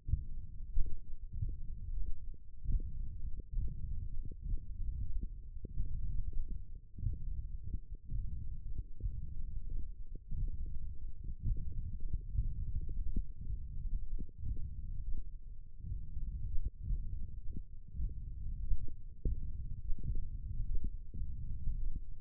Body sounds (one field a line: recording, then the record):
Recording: forearm muscle sounds (acoustic myography)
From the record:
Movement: finger pinch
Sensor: system 1, eight BSWA MPA416 microphones around the upper forearm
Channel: 2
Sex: male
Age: 21 years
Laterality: right